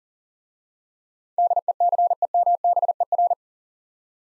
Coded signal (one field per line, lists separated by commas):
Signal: Morse code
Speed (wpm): 41 wpm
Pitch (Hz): 700 Hz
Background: none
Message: DECEMBER